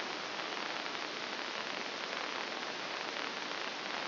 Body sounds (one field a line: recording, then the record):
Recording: brain microelectrode recording played as sound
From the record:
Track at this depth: inside the subthalamic nucleus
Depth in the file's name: 4.863 mm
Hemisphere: left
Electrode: 2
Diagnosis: Parkinson's disease